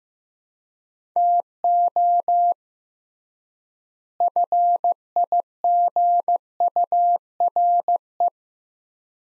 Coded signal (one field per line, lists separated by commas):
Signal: Morse code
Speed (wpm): 15 wpm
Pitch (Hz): 700 Hz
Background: none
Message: TO FIGURE